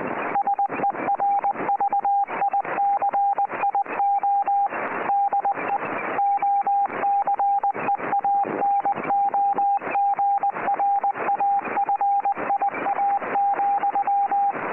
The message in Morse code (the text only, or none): SERVICIO DE OCEANOGRAFIA,